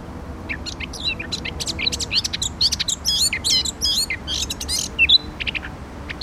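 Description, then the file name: Eurasian blackcap song, rapid scratchy twittering mixed with thin whistled slurs. "Sylvia atricapilla"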